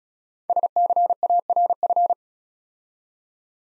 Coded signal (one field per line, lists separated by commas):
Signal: Morse code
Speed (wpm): 36 wpm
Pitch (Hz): 700 Hz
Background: none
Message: SCARF